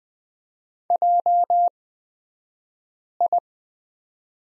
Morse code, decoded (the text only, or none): JI